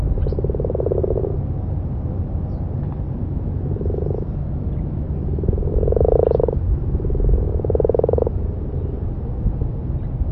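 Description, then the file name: Common frog giving soft purring croaks in four separate bursts, over a steady low rumble. "grasfrosch"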